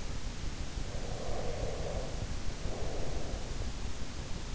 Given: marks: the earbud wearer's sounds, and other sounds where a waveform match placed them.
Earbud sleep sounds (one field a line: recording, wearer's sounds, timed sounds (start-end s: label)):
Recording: sounds in sleep by an in-ear microphone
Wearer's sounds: breath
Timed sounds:
0.57-3.64 s: breath